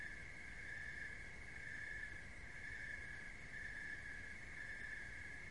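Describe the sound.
Crickets giving a constant high-pitched trilling drone with slight rhythmic swells near once a second, and a soft low hum below.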